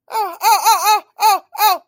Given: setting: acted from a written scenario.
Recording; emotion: vocal sound without words; pain